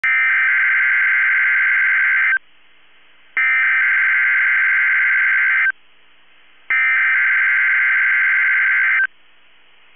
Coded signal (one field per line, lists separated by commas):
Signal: Emergency Alert System (SAME) tones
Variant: header bursts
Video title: NOAA Weather Radio KEC65 (Twin Cities) - Required Weekly Test (EAS #75)